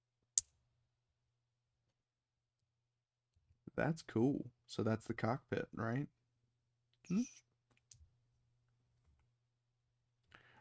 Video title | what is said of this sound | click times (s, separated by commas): New Year's Eve Build Stream: RG Justice Gundam - Sponsored by Ultronimus & GundamExplained | we got our chest unit which is going to snap into place here | 0.4 s